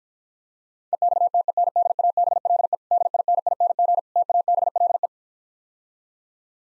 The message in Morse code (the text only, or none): EXTENDABLE DINING TABLE